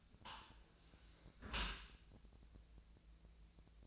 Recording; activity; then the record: daily activity, microphone in the room; close dishwasher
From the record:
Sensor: 2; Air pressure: 1000.4 hPa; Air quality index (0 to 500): 162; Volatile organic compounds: 3 ppm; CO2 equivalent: 1346 ppm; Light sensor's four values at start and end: 13/36/14/16 and 13/36/14/16